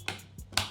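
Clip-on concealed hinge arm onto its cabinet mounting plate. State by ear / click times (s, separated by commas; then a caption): seated / 0.6 s. An Ozone half-overlay concealed soft-close thick-door hinge (8 crank, 100°) has its clip-on arm hooked onto the steel mounting plate on the cabinet side and pressed down. A sharp click at 0.1 s and a softer low thud at 0.4 s come before a loud, sharp snap at 0.6 s as the arm clips onto the plate and locks in place.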